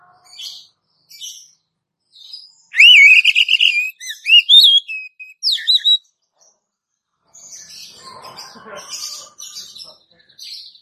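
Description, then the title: Oriental magpie-robin song: soft chirps, then loud, sliding whistled phrases with rising and falling notes, a pause, then busy scratchy twittering with a brief lower rasping burst. "Kacer"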